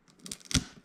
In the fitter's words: and you'll know that it's catching because you'll hear that clicking